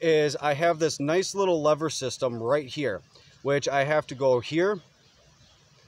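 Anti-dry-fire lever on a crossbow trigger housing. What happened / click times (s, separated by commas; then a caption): Handled, not yet home: no seating click is heard / none. A man handles the anti-dry-fire lever on the trigger housing of a Centerpoint Sniper Elite 385 crossbow while he talks. The lever has not clicked into position yet, and the clip ends on a few seconds of quiet.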